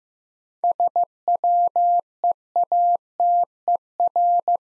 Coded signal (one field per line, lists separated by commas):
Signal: Morse code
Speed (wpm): 15 wpm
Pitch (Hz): 700 Hz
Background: none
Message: SWEATER